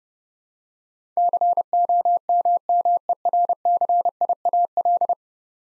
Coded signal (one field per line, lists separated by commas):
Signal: Morse code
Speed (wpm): 29 wpm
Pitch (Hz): 700 Hz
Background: none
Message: COMMERCIAL